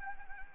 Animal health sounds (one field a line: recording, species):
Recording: mosquito wingbeat signal from an infrared sensor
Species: Anopheles arabiensis